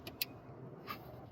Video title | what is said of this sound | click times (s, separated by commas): Alternator replacement 2012 - 2016 Honda CRV | And plug that brown connector back in to the alternator. And when you push it down, you should hear it lock into place. | 0.2 s